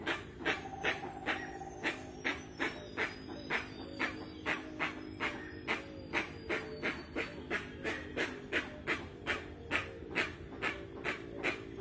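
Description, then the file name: Rusty-margined guan calling with a long, fast series of short chuffing pulses, while other birds whistle in the background. Song (canto). "Canto da jacupemba"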